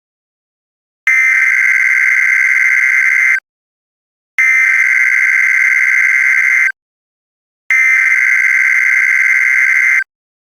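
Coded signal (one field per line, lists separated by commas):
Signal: Emergency Alert System (SAME) tones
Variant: header bursts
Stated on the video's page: Fictional EAS scenario using valid SAME tones.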